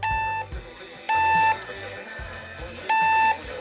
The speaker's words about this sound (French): Oh merde, j'ai oublié de débrancher le réveil. Non, pas du tout. C'est moi qui l'avais mis.